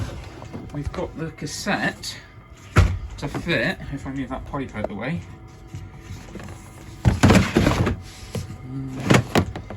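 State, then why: Seated. Someone talks over background music while the plastic waste cassette of a Thetford camper cassette toilet, being converted from left to right so the cassette opens on the inside, is fed into its housing in the camper wall after a pipe is moved out of the way. There are loud knocks around 2.8 s and 7.1–7.3 s as it is pushed in. The cassette slides home and latches in place with a sharp click at 9.4 s.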